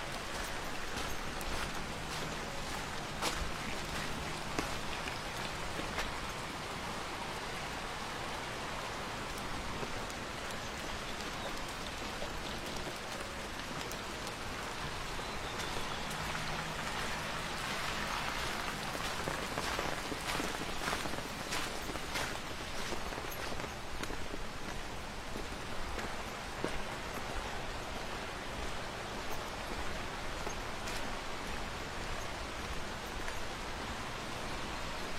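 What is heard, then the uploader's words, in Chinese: Steady rain falls throughout a walk along a forest trail, a dense, even hiss spread from low to bright. Sharp drips and taps stand out often, with brief louder patches around the middle, and a faint low hum comes and goes early on. 在雨中沿着森林步道漫步。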